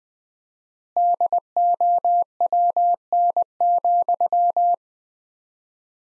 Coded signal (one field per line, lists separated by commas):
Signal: Morse code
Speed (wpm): 20 wpm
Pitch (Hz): 700 Hz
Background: none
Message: DOWN,